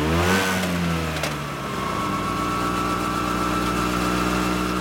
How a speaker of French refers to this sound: Judith et François roulent en scooter à toute allure.